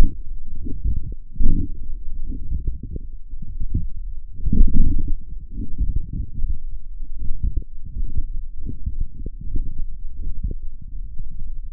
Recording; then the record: forearm muscle sounds (acoustic myography)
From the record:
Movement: forearm supination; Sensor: system 1, eight BSWA MPA416 microphones around the upper forearm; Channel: 8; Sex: male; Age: 42 years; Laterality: right